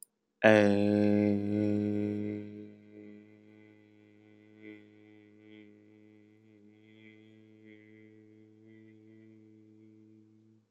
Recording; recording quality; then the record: sustained vowel as in made; excellent, no background noise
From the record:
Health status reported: healthy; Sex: male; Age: 31 years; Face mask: not worn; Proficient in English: yes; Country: United States